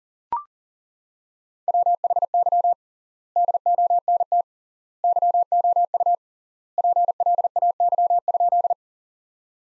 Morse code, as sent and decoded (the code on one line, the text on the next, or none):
.-- .... -.-- / -.. --- -. - / -.-- --- ..- / .--. .-.. .- -.-- ..--..
WHY DONT YOU PLAY?